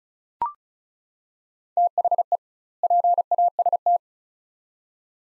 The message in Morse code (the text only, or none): THE PAST